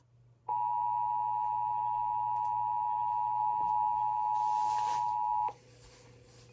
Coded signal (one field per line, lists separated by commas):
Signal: Emergency Alert System (SAME) tones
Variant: 853 and 960 Hz attention tone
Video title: EAS 1376-1377: Idaho Amber Alert